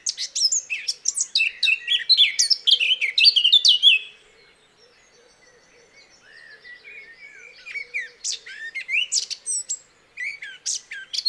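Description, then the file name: Eurasian blackcap song opens with a loud burst of varied whistled notes, drops to a soft, subdued warble, then rises again into brighter phrases. "Sylvia atricapilla"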